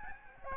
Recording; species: mosquito wingbeat signal from an infrared sensor; Aedes albopictus